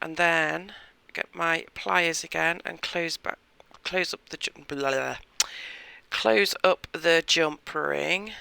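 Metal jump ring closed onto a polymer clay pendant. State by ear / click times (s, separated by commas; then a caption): not seated / none. A metal jump ring on a polymer clay pendant is being handled with pliers so it can be closed until its two cut ends meet, while someone talks throughout. The clip ends before the ring is closed, so the ends have not yet clicked together.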